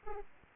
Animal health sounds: mosquito wingbeat signal from an infrared sensor; Aedes aegypti

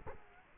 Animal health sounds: mosquito wingbeat signal from an infrared sensor; Culex quinquefasciatus

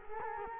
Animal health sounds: mosquito wingbeat signal from an infrared sensor; Culex quinquefasciatus

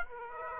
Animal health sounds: mosquito wingbeat signal from an infrared sensor; Aedes aegypti

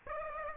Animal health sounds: mosquito wingbeat signal from an infrared sensor; Aedes aegypti

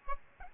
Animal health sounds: mosquito wingbeat signal from an infrared sensor; Aedes albopictus

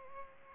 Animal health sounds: mosquito wingbeat signal from an infrared sensor; Culex pipiens

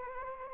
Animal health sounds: mosquito wingbeat signal from an infrared sensor; Anopheles gambiae

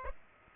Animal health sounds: mosquito wingbeat signal from an infrared sensor; Aedes aegypti

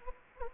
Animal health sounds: mosquito wingbeat signal from an infrared sensor; Anopheles gambiae

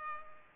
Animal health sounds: mosquito wingbeat signal from an infrared sensor; Culex pipiens

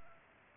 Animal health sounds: mosquito wingbeat signal from an infrared sensor; Culex pipiens

